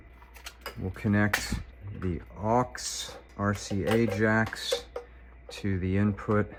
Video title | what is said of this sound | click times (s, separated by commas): How to replace the radio and rear camera - 2014 Honda CR-V | The end of the connector that goes into the back of the head unit, we'll put that in as well and push that down until it clicks. | 0.7 s